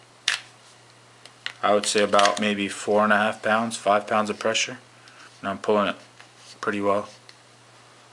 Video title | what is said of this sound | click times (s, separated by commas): Cold Steel Kobun unboxing and first glance review | uh it Clips in I can hear it click in it's it's pretty tight | 0.3 s